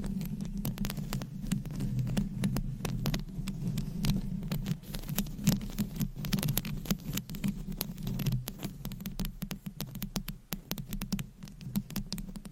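Scratching on a microphone makes a dense, rapid patter of dry scratchy clicks that runs almost without pause, slightly busier in the first eight seconds and thinning a little near the end. A low, steady throbbing hum sits underneath the whole time.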